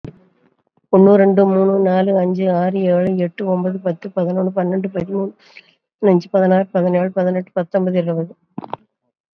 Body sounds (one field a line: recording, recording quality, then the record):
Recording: counting at a fast pace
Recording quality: excellent, no background noise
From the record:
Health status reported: COVID-19 positive, mild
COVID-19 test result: positive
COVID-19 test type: RT-PCR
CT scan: not taken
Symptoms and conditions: none ticked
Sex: female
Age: 74 years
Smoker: no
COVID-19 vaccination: both doses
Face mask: not worn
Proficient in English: no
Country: India